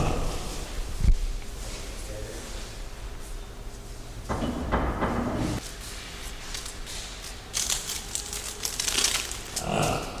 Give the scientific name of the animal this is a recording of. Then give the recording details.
Nanger dama. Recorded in captivity. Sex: diverse. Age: diverse. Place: Zoo Berlin, Berlin, DE. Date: 1997-08-28 11:00. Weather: sunny, 22-28°C. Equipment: Sony MD-WM MZ-R3, Sennheiser ME 80, K 30 AV, Kopie Uher 4000 Report Monitor. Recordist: Tembrock, Günter. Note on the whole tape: Weibchen: Kurzlaute, umherlaufend (z.T. auch das Jungtier nebenan, einmal wohl auch das Männchen). Entfernung 1 - 6 m